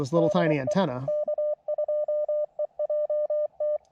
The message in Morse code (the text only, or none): DI K2EJT